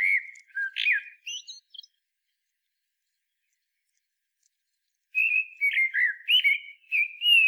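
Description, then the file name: Common blackbird song: a wavering fluty phrase with a high squeak, several seconds of silence, then a longer run of warbled whistles. "Turdus merula"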